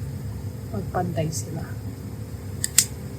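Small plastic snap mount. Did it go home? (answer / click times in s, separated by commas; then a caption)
yes / 2.8 s. A DJI Osmo Action 5 Pro action camera, sitting crooked in its quick-release mount in portrait orientation, is pressed level while someone talks. A short tick at 2.6 s is followed by a sharp click at 2.8 s as the remaining side of the mount clicks home. The camera is now seated and level.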